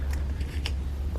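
A plastic wiring-harness electrical connector is handled onto a new evaporative emission purge valve on a Mercedes-Benz being repaired for a P0444 purge valve open-circuit fault. Small sharp plastic ticks come at about 0.1, 0.7 and 1.2 seconds over a steady low hum. Nothing has seated or clicked yet.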